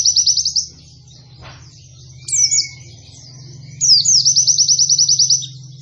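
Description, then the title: White-eye delivering rapid high-pitched trills separated by quieter chattering, with a short thin whistle and a low steady hum underneath. Bird singing actively (gacor), giving long continuous bursts (nembak panjang) in a canary-like song style (kenarian). "Pleci Gacor. Pleci Nembak Panjang Istimewa Full Kenarian"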